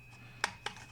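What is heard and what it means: A plastic snap-fit visor piece is pushed harder into a model hull for a second try, making two loud contact ticks at about 0.4 and 0.7 seconds. The visor has not seated or clicked into place yet.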